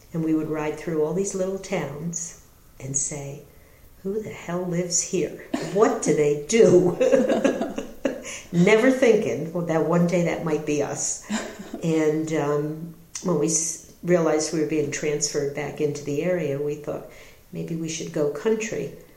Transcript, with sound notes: and we would ride through all these little towns and say, “Who the hell lives here? [laughter] What do they do?” [laughter] Never thinking that one day might be us. When we realized we were being transferred back into the area, we thought, maybe we should go country,